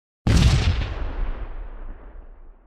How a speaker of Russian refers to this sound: Раздался приглушенный звук, и осколки гранаты разлетелись вместе с пламенем взрыва.